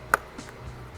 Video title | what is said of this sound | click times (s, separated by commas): Cirrus Aircraft 2020 SR22T GTS - Personal Tour of the Purple Plane!! | and what I do is all I have to do is push this closed till it clicks. | 0.1 s